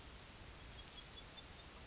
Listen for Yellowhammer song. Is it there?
no